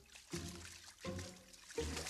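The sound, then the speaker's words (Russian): Water splashes and sloshes in three heavy surges about three-quarters of a second apart as a wounded man crawls out of a flooded stream toward the bank, with trickling and dripping between them and no voices. “Ползком выбирается из воды.”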